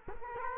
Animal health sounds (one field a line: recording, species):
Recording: mosquito wingbeat signal from an infrared sensor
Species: Culex quinquefasciatus